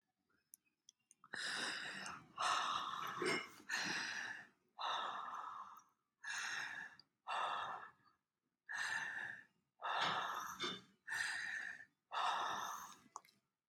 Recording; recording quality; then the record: deep breathing; excellent, no background noise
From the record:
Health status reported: healthy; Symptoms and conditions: hypertension, diabetes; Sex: male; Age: 62 years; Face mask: not worn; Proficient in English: yes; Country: India